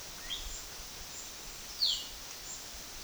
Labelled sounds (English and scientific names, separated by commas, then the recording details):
Epaulet Oriole (Icterus cayanensis)
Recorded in secondary vegetation near Puerto Asís, Putumayo, Colombia, on 20 February 2024 at 12:30
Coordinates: 0.472, -76.331
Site G6371